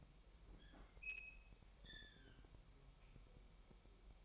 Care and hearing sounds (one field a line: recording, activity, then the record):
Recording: daily activity, microphone in the room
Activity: open fridge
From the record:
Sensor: 1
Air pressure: 1002.0 hPa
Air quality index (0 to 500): 245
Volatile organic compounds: 50 ppm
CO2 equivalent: 3300 ppm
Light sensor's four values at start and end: 8/28/10/11 and 8/28/10/11